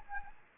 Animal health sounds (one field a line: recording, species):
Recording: mosquito wingbeat signal from an infrared sensor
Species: Anopheles arabiensis